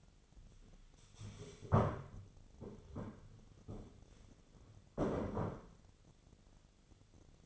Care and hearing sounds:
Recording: daily activity, microphone in the room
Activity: stand up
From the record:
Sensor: 4

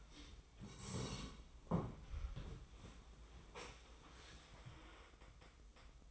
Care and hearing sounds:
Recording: daily activity, microphone in the room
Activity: sit down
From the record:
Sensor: 1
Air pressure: 1005.1 hPa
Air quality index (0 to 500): 124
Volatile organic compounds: 5 ppm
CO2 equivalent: 1730 ppm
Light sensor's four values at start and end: 11/26/10/11 and 11/27/11/12

